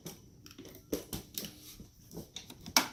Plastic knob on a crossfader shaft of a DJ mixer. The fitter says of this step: you hear the snap there